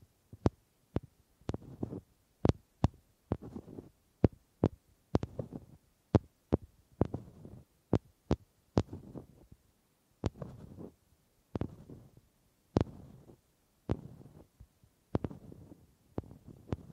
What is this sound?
Wood Triggers